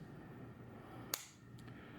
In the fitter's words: There you go. And it should click, and it's all set to go.